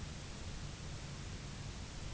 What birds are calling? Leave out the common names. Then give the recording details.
none. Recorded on Arctic tundra, site UTQI-0, on 17 June 2019. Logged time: 18:00